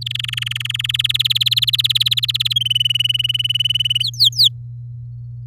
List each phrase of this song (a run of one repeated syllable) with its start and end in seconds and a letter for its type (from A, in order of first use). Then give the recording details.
0.01-0.97 A, 0.99-2.53 B, 2.56-4.03 C, 4.03-4.48 D. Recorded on 10 May 2018 at 09:40. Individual llb16